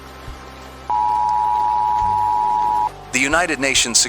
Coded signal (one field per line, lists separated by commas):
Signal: Emergency Alert System (SAME) tones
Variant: 853 and 960 Hz attention tone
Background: speech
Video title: Alien Entities Suddenly Appear | EAS Alert - Fictional Radio broadcast